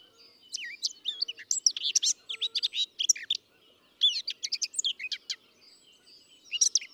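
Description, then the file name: Eurasian blackcap song, a hurried warble of buzzy and clicking notes mixed with slurred whistles, in two long bursts with a short break, then a final flourish. "Sylvia atricapilla"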